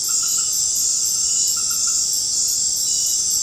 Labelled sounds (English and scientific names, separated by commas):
none